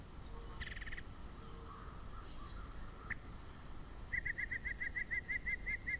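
Yellow-breasted chat song: a harsh rasping burst and soft scattered notes, then a rapid, even run of about twelve loud piping notes, over low background noise.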